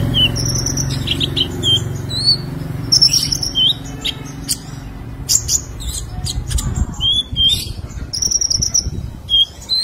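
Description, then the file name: Sunbird song: high, thin chirps and twittering notes in a fast, uneven series, with a low hum and some rustling. "Kolibri Lebah"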